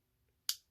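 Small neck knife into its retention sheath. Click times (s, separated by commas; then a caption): 0.5 s. A small neck knife is pushed into its sheath, which has retention, and snaps home with a single sharp, bright click at 0.5 seconds that quickly fades. The knife is seated in its retention sheath.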